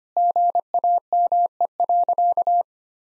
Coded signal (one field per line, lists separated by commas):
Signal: Morse code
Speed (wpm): 25 wpm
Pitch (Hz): 700 Hz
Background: none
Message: GAME.